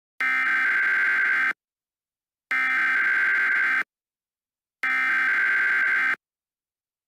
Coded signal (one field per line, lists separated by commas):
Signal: Emergency Alert System (SAME) tones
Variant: header bursts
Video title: EAS Scenario - Before The Dawn